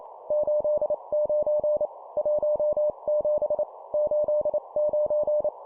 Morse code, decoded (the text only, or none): 89 17 89